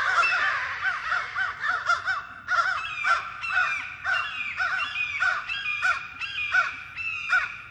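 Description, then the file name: American crow mobbing calls, many hoarse caws in quick succession, several crows calling over one another continuously. American crows mobbing a hawk. "AMCR mobbing hawk"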